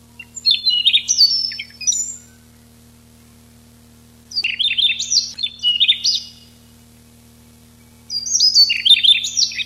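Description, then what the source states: Siberian rubythroat giving three rich warbled song phrases of fast whistles and trills, separated by pauses; a steady low hum runs underneath. Recorded 6 July 1991.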